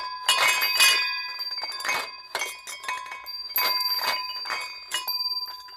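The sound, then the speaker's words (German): Glasses clink and rattle together on a tray in several bright, jangling bursts, their high ringing tones hanging on between the clusters. No one speaks. “Und sie steht da am Rand, das Tablett voller Gläser.”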